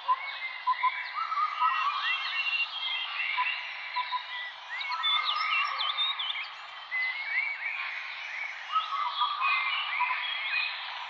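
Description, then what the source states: Many birds chirping together, looping whistled notes and rapid trills layered continuously, with brief louder accents from singers. Birds chirping in a forest.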